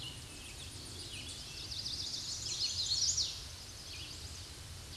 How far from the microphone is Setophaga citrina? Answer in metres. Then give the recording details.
about 25 m. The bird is about 15 m above the microphone. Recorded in a Pennsylvania forest on 16 May 2024 at 06:47. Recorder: AudioMoth, point MSD-2208. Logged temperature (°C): 15.2 °C. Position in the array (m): 151 m, 108 m